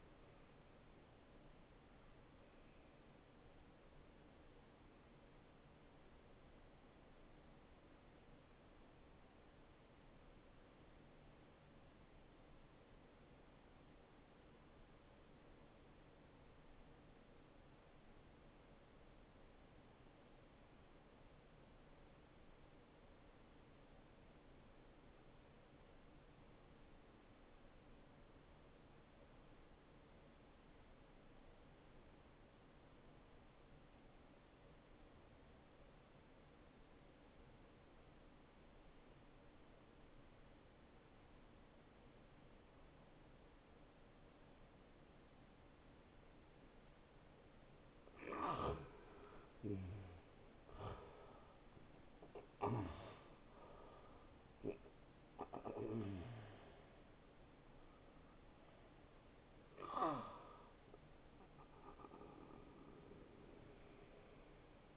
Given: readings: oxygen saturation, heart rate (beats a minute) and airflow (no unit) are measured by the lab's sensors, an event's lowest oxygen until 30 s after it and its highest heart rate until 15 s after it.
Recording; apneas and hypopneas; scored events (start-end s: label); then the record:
breathing in sleep by a voice recorder at the bedside; 1
10.00-64.97 s: new sleep stage, N1 (lightest sleep)
11.00-47.40 s: obstructive apnea (N1, oxygen 96% highest, then 84% lowest, heart rate 64 at the start, 76 highest)
From the record:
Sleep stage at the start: N2 (light sleep); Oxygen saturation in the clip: 82 to 96%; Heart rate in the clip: 52 to 76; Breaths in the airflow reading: 5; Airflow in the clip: -21.6 to 10.8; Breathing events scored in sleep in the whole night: 263 in 5.5 hours asleep